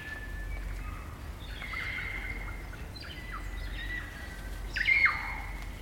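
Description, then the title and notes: Kaka song: soft sustained whistles and gliding notes, then one louder swooping whistle near the end, over a low constant hum. Kaka, a large parrot, singing eerie dusk chorus in late spring at Karori Sanctuary near Wellington, New Zealand. "It's late spring at the Karori Sanctuary near Wellington, New Zealand and the kakas – a large species of parrot – are singing their eerie dusk chorus. Recorded by Margaret Bartlett."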